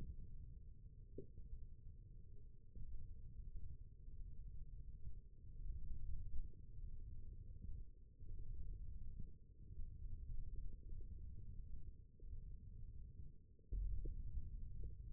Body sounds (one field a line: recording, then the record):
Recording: forearm muscle sounds (acoustic myography)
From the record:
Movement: thumb flexion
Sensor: system 1, eight BSWA MPA416 microphones around the upper forearm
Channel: 5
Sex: male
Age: 20 years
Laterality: left